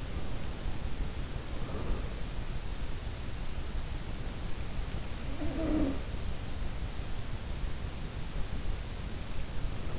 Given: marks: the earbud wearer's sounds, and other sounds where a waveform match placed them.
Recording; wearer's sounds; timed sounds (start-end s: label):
sounds in sleep by an in-ear microphone; breath
0.00-2.31 s: breath
4.90-6.77 s: sound from someone else or the room